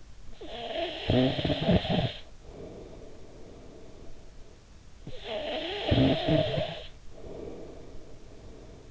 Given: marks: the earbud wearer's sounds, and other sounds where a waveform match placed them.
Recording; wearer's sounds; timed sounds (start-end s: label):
sounds in sleep by an in-ear microphone; snoring breath
0.20-4.79 s: snoring breath
4.99-8.91 s: snoring breath